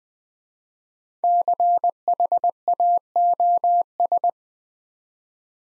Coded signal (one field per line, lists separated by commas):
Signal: Morse code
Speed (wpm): 21 wpm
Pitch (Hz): 700 Hz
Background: none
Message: CHAOS